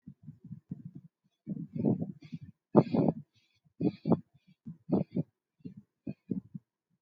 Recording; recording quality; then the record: shallow breathing; excellent, no background noise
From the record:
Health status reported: healthy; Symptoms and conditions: none ticked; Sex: female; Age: 28 years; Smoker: not ticked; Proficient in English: yes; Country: India